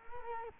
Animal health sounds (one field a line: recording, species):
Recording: mosquito wingbeat signal from an infrared sensor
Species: Culex quinquefasciatus